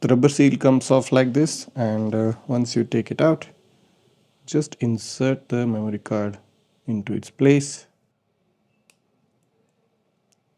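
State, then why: Seated. A microSD memory card is pushed into the card slot of an AOOCCI R1 2K dual motorcycle dash camera, under a lifted rubber seal. Someone talks until about 7.9 s, then the card clicks into the slot at 8.9 s and again faintly at 10.3 s, and it is seated.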